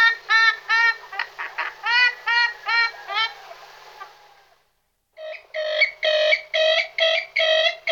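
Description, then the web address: Purple swamphen calling with strident nasal honks repeated at a steady pace, a brief silence, then trumpeting notes in a regular series. "All the bird songs of Britain and Europe - Jean-Claude Roche. Porphyrio porphyrio"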